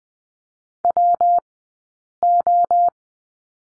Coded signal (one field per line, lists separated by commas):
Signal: Morse code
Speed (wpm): 20 wpm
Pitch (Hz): 700 Hz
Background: none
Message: WO